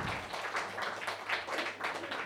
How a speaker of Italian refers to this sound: Non mi ricordo cosa devo dire, voi fate un applauso.